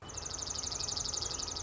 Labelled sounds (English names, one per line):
Dark-eyed Junco